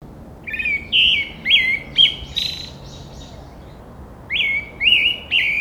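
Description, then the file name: Brown-headed thrush singing two phrases of clear slurred whistles, the first ending in a higher buzzy note, separated by a short pause. "akahara"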